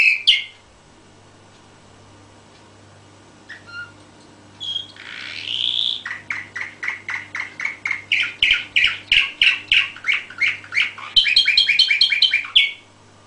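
Canary song: a few high chirps, a pause, then a fast run of repeated bright notes, ending in a rapid rattling trill.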